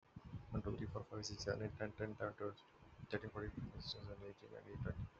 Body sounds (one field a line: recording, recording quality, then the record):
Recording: counting at a fast pace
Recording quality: excellent, no background noise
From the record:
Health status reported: respiratory illness, not identified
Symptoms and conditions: none ticked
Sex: male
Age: 36 years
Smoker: yes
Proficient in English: yes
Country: India